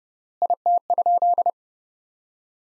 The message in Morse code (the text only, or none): IT?